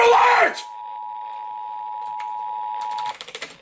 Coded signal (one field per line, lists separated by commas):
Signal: Emergency Alert System (SAME) tones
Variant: 853 and 960 Hz attention tone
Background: speech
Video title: A LIL' BIT OF EVERYTHING... EAS Alerts from 7/1/21 (EAS #5,878 - 5,893)